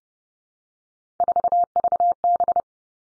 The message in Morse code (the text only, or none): 4VB